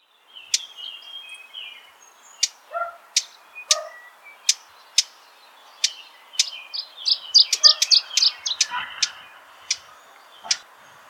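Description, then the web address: Eurasian blackcap giving hard, clicking tack calls at irregular intervals, with a brief burst of scratchy warbling midway and soft lower whistles in the background. "SETE data Sylvia atricapilla"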